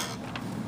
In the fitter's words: it connects and snaps it's